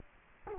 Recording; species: mosquito wingbeat signal from an infrared sensor; Culex quinquefasciatus